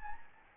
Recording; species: mosquito wingbeat signal from an infrared sensor; Anopheles gambiae